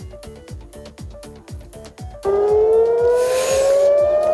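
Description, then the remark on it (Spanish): Air raid sirens wail in Jerusalem and Tel Aviv, Israel, during an Iranian missile attack, a loud rising tone that swells and climbs steadily, cutting in over a rhythmic pulsing beat that continues underneath. “Este es el sonido de las sirenas.”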